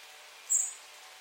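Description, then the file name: Common blackbird giving one brief, thin, high-pitched note that fades quickly, with faint background hiss. "Turdus merula"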